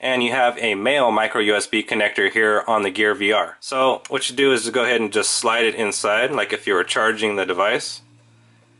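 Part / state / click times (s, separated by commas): smartphone into VR headset micro USB connector and holder / not seated / none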